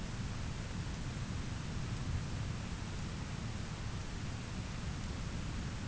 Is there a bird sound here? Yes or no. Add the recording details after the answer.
no. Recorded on Arctic tundra, site ZACK-1, on 13 June 2019. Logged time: 09:49